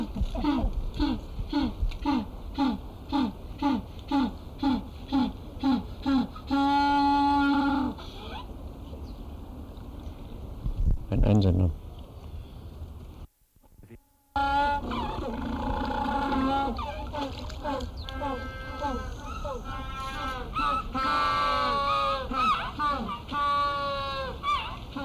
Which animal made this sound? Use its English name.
African Penguin